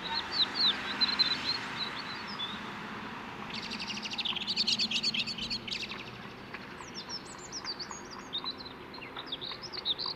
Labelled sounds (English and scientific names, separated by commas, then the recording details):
European Robin (Erithacus rubecula) song
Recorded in the wild
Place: Kaiserslautern, Rheinland-Pfalz, DE
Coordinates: 49.4283, 7.77889
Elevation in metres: 279
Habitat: garden
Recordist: Tretzel, Erwin